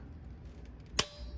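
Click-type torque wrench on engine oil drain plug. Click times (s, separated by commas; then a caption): 1.0 s. A click-type torque wrench set to 37 ft-lb tightens a steel engine oil drain plug fitted with a crush washer on a Porsche 997.2. After a quiet lead-in, one sharp metallic click rings out at 1.0 s, showing the plug has reached 37 foot-pounds. There is no talk.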